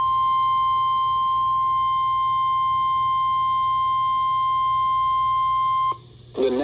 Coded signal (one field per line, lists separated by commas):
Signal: Emergency Alert System (SAME) tones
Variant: 1050 Hz attention tone